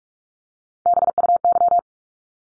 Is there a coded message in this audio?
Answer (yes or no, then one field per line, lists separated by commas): yes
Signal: Morse code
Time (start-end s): 0.9-1.8 s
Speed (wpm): 44 wpm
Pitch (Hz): 700 Hz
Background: none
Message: BUY